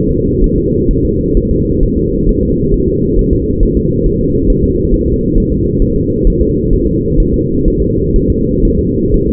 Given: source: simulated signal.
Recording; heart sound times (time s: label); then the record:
fetal heart sounds
0.11 s: S2
0.44 s: S1
0.58 s: S2
0.91 s: S1
1.05 s: S2
1.37 s: S1
1.51 s: S2
1.83 s: S1
1.97 s: S2
2.29 s: S1
2.43 s: S2
2.74 s: S1
2.88 s: S2
3.19 s: S1
3.33 s: S2
3.63 s: S1
3.77 s: S2
4.06 s: S1
4.21 s: S2
4.50 s: S1
4.64 s: S2
4.94 s: S1
5.08 s: S2
5.38 s: S1
5.52 s: S2
5.82 s: S1
5.96 s: S2
6.27 s: S1
6.41 s: S2
6.73 s: S1
6.87 s: S2
7.20 s: S1
7.34 s: S2
7.68 s: S1
7.82 s: S2
8.16 s: S1
8.30 s: S2
8.65 s: S1
8.79 s: S2
9.14 s: S1
9.28 s: S2
From the record:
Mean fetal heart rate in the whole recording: 130 bpm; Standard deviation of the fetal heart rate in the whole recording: 4 bpm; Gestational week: 38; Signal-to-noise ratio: -10.2 dB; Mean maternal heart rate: 72 bpm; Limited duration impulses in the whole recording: present